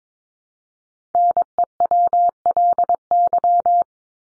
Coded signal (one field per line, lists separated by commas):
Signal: Morse code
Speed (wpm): 22 wpm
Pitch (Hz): 700 Hz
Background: none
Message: NEWLY